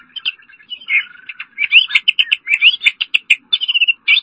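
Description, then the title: Oriental magpie-robin song: a rapid, varied run of bright chirps and short whistled phrases, some rising, delivered in quick bursts with brief pauses. Song (kicauan). "Suara Kicauan Burung Kacer Durasi Panjang"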